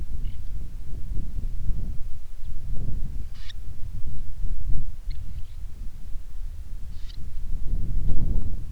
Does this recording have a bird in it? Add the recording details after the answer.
yes. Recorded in the Prudhoe Bay oil fields, Alaska, on 10 July 2019 at 09:47. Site 11